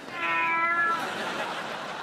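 A single drawn-out cat meow, clear and mid-pitched with a slight downward slide, lasting under a second before trailing off into quiet background hiss.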